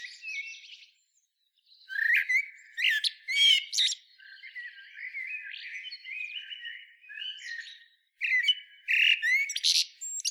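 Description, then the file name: Eurasian blackbird singing, quiet warbles broken by bright, high twittering bursts, a long soft mumbled stretch, then more loud squeaky flourishes at the end. "Turdus merula"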